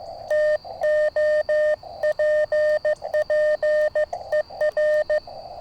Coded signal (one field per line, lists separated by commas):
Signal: Morse code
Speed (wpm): 15 wpm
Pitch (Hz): 610 Hz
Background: none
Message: TOPPER